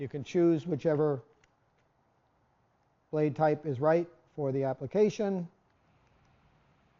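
During a toolless blade change on a TapeTech cordless insulation jigsaw, a scalloped or serrated insulation blade is handled at the saw's blade clamp while someone talks. Only faint handling sounds come between the speech, and nothing has seated or clicked into place yet.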